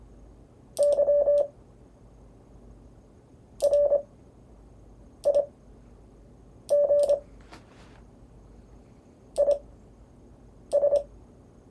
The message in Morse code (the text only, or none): Y RIG IS